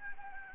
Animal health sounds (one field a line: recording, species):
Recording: mosquito wingbeat signal from an infrared sensor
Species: Anopheles gambiae